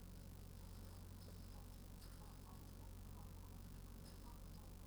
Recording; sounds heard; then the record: poultry house recording; healthy chickens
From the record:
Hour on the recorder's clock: 18